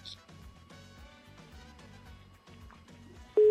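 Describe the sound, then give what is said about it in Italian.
A phone call to a number set up for joining an appeal goes unanswered: soft layered tones and a low pulsing pattern play, then a loud, steady mid-pitched telephone tone cuts in abruptly at the very end. “Hanno messo un numero per aderire all'appello a favore di D'Alema e poi non rispondono.”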